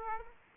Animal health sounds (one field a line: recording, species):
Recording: mosquito wingbeat signal from an infrared sensor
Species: Aedes aegypti